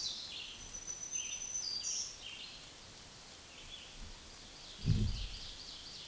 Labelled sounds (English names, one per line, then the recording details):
Black-throated Green Warbler song
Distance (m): 15 m
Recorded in a Pennsylvania forest on 1 June 2023 at 07:53
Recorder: AudioMoth, point grid3_16_high
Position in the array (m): 241 m, 133 m